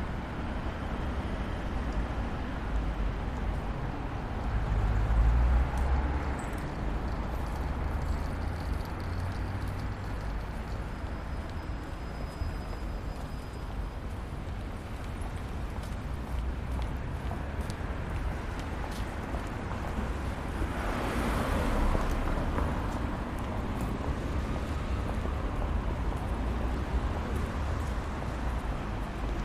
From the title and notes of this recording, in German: Städtetrip London. Erleben Sie die Geräusche der Londoner Innenstadt.